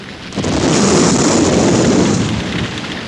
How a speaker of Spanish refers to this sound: Otra explosión hizo brincar el coche.